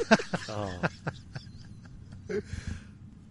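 A woman makes a string of sudden, sharp, loud hiccups, one with a brief squeaky voiced catch, spaced irregularly over about three seconds. The abrupt, jolting onsets sound like she is getting the save shot, with faint room noise behind.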